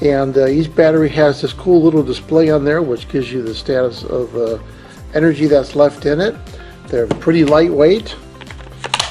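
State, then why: Seated. A slide-on lithium battery pack is pushed onto the base of a cordless drill until it latches. Someone talks over light background music, then a few small clacks lead into a sharp click at 8.9 seconds as the battery seats into the drill.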